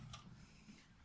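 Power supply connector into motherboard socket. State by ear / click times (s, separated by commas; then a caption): seated / 0.1 s. A power supply's plastic motherboard connector is pushed into its socket on the board with light pressure until its side latch catches. A short, sharp click is heard at 0.1 s over a low background hum. The connector is seated and secured.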